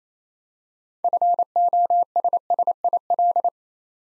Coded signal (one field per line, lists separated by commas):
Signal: Morse code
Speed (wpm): 28 wpm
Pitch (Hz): 700 Hz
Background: none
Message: FOSSIL